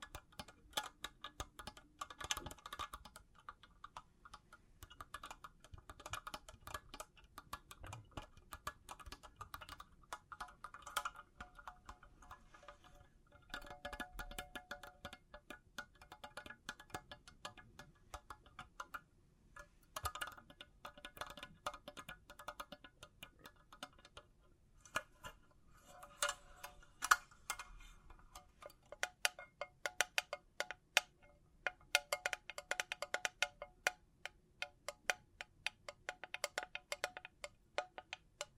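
Bling bling triggers: a dense, continuous run of small bright jingling and tapping clicks, busier in bursts, with quieter pauses around twenty seconds.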